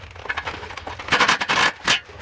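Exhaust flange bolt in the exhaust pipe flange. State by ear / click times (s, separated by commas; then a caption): stripped / 0.3 s. A wrench works a rusted exhaust flange bolt and nut on the cat-back pipe of a 2001-2003 Toyota RAV4 during a stainless exhaust replacement, with a sharp crack at 0.3 s followed by crunching, crackling scrapes. The corroded thread gives way and the bolt is stripped, with no threads left.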